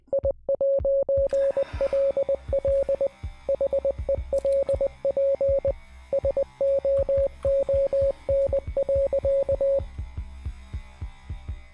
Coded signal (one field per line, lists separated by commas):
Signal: Morse code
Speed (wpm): 20 wpm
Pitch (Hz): 550 Hz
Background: none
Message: I'LL HELP SOON.